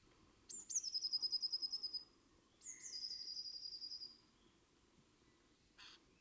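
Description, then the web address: Eurasian blue tit singing two phrases, each a sharp high note dropping into a quick even trill, with a short noisy burst near the end. "SETE data Cyanistes caeruleus"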